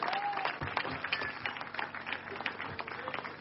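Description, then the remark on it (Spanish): An audience gives a loud round of applause to Christ, a dense wash of many overlapping hand claps with scattered louder pops, sustained for a few seconds with no clear speech on top. “Ese pueblo le dé un fuerte aplauso a Cristo.”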